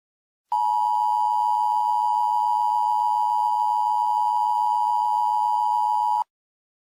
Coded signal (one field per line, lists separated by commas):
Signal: Emergency Alert System (SAME) tones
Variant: 853 and 960 Hz attention tone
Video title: EAS Scenario: Trump's Impeachment